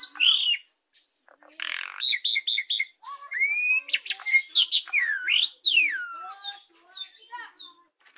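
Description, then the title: Oriental magpie-robin song with long clear rising and falling whistles, a burst of repeated buzzy notes and scratchy chatter between brief gaps. "Kicau Kacer"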